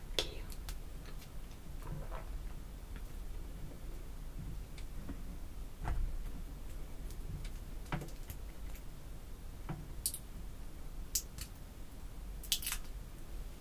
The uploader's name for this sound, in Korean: 인조손톱 태핑 | 향수, 뚜껑 등